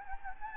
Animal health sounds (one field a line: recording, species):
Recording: mosquito wingbeat signal from an infrared sensor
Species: Anopheles gambiae